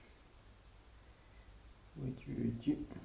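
A small plastic scale-model kit part is turned by hand and lined up with its locating notch before being pressed home. The first two seconds are quiet, and then someone talks from about 2.0 s to the end. The part has not seated or clicked yet.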